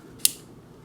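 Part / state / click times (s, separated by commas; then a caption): white panels folding onto the front of a transforming robot figure / seated / 0.2 s. White plastic panels of a Transformers Masterpiece MP-50 Tigatron transforming robot figure are folded around to the front until they lock. A single sharp, bright click is heard at 0.3 s over faint background hiss. The panel seats into place.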